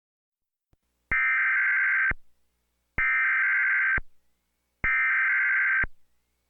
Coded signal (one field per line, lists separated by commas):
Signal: Emergency Alert System (SAME) tones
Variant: header bursts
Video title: Merry Christmas! (EAS Scenario)